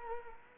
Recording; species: mosquito wingbeat signal from an infrared sensor; Culex quinquefasciatus